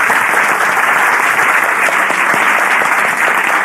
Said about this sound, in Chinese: 加油， 讲下嘢，俾啲掌声佢哋。